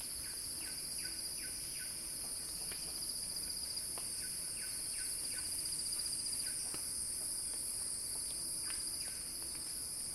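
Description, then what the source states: Cicadas keep up a constant shrill buzz while a bird gives short descending chirps in quick runs of three or four. Cicada song in a crescendo, recorded by Axel Drioli for Earth.fm's Sounding Wild.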